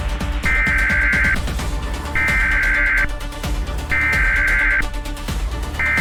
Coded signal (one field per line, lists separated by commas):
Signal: Emergency Alert System (SAME) tones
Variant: header bursts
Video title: Doctor Who: The Unified Incursion | An EAS Simulation